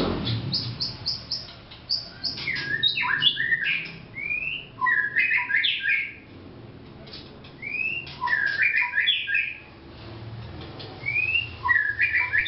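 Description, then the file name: White-rumped shama singing loud varied phrases of rising whistles and buzzy chattered notes, delivered in bursts separated by short pauses. Vietnam. "shama vietnam omkicau"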